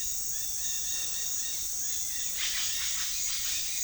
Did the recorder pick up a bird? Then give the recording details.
yes. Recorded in pastures near Puerto Asís, Putumayo, Colombia, on 25 June 2025 at 17:00. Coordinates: 0.466, -76.322. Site GP07